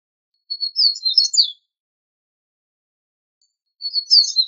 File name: Sporophila caerulescens